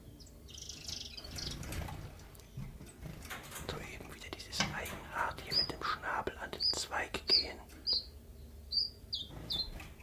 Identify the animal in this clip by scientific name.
Phylloscopus collybita